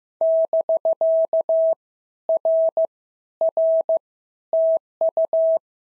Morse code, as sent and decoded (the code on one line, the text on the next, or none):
-...-.- / .-. / .-. / - ..-
<BK> R R TU